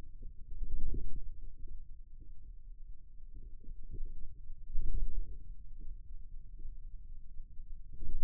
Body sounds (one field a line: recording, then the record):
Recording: forearm muscle sounds (acoustic myography)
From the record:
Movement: wrist flexion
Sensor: system 2, bracelet of six BSWA MPA416 microphones around the upper forearm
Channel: 2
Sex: male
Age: 22 years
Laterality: right